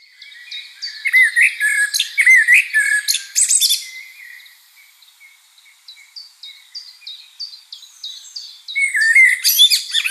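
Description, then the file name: Common blackbird song: fluted low whistles tangled with shrill twittering, a string of soft high ticking notes, then another mellow phrase with squeaks. "Turdus merula"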